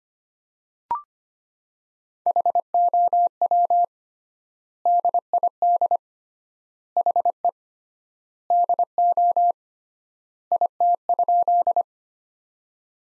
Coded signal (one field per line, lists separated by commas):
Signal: Morse code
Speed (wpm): 25 wpm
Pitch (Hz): 700 Hz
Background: none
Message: HOW DID HE DO IT?